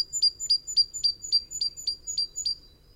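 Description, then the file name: Great tit call, nine sharp high ringing notes repeated evenly about every quarter second. "Parus major"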